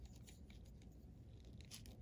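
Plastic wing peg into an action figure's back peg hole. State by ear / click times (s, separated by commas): not seated / none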